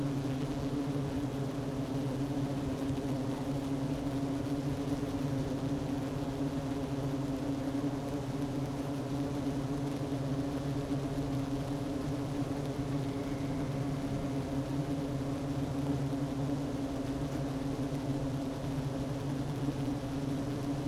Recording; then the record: honeybee colony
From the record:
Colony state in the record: active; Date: 12 June 2018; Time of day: 11:20